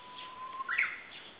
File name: Japanese nightingale